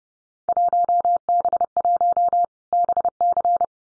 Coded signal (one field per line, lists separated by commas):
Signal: Morse code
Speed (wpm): 31 wpm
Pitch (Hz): 700 Hz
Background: none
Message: 1B1 BC